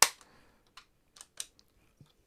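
A plastic tool-less M.2 latch nub on an MSI B850 Tomahawk WiFi motherboard is flicked aside by hand to release the M.2 SSD. A loud, sharp click rings out at 0.0 s, followed by a few fainter clicks and taps through the rest of the clip. The latch springs open and the drive is released.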